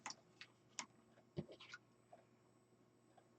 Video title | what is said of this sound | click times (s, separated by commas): NO wreath frame? NO problem! Let's make a beautiful everyday cross wreath! | wait till it clicks that's all you need | 0.1 s, 0.4 s, 0.8 s